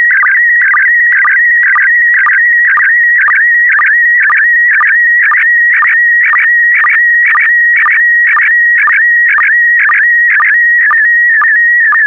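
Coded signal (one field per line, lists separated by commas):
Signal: SSTV (slow-scan television)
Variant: PD120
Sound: warbling tone around 1.9 kHz, interrupted by a short low blip every half second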